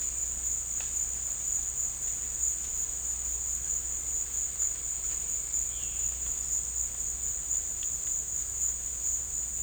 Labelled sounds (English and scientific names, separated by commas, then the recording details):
none
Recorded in dense forest near Puerto Asís, Putumayo, Colombia, on 21 December 2024 at 14:00
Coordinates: 0.486, -76.317
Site G003